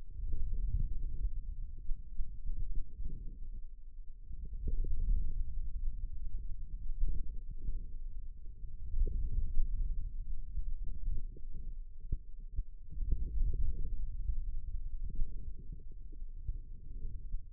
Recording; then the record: forearm muscle sounds (acoustic myography)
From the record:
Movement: ulnar deviation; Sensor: system 2, bracelet of six BSWA MPA416 microphones around the upper forearm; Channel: 4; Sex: male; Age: 22 years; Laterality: right